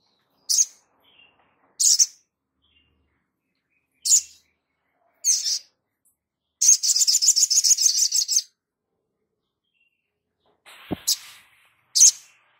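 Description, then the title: Spiderhunter song: spaced sharp high chips, a fast buzzy trill near the middle lasting about two seconds, then more chips and a brief click. Labaik song variant. "Sogok Ontong Labaik"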